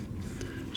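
Two plastic wiring harness connectors for an Awron DGA display system in a BMW F3X are pushed together, the harness plug going into its mating harness connector. A low rumble runs under the clip, with a faint tick at 0.4 s and a sharper click at 0.8 s as the connectors seat, confirming the connection.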